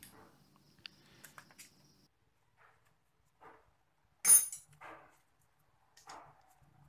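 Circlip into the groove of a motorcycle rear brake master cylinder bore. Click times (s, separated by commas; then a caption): 0.9 s. On a CRF250L rear brake master cylinder being rebuilt, the body is held in one hand while a thumb pushes in the piston rod. A small flat screwdriver pushes the metal circlip along the bore with faint scraping and light metallic ticks. A sharp click at 0.8 s marks the circlip dropping into its groove and seating.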